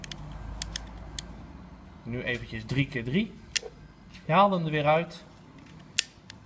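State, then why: Seated. On a 2015 Bobike Exclusive Maxi rear child bike seat, the pin of the combination lock on the carrier mount is put back and locked with a sharp click at 6.0 s after a new number code is set, and the new code is now active. Someone talks in the middle of the clip, and several small ticks come from the lock before the pin seats.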